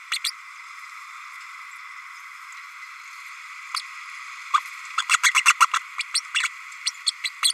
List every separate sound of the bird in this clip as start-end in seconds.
0.11-0.18, 0.24-0.31, 4.53-4.60, 4.97-5.02, 5.09-5.18, 5.23-5.31, 5.34-5.44, 5.60-5.67, 5.73-5.80, 5.98-6.03, 6.14-6.22, 6.34-6.49, 6.86-6.91, 7.06-7.11, 7.23-7.29, 7.42-7.53